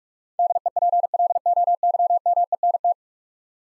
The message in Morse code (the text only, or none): DEPLOYMENT